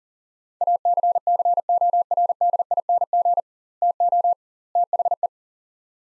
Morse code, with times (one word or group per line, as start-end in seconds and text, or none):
0.6-3.4 ACCORDING
3.8-4.3 TO
4.8-5.3 THE